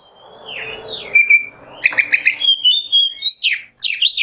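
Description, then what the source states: Oriental magpie-robin song: clear high whistles, a sliding note, then a run of quick repeated chirps and buzzy rising phrases. Kacer singing in the 'nembak' song style, on a 'masteran' recording.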